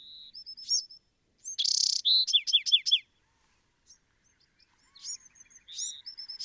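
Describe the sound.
Bewick's wren song with a buzzy rattle, a short whistle and a fast run of falling notes, preceded and followed by high piping and chirping phrases.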